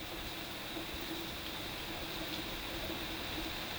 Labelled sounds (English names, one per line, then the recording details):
none
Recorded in dense forest near Puerto Asís, Putumayo, Colombia, on 21 February 2024 at 12:00
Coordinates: 0.502, -76.324
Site G6370